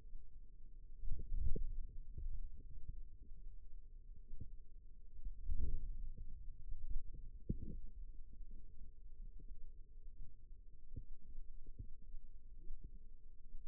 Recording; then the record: forearm muscle sounds (acoustic myography)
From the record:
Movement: wrist flexion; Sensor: system 2, bracelet of six BSWA MPA416 microphones around the upper forearm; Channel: 4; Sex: female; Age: 22 years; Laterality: right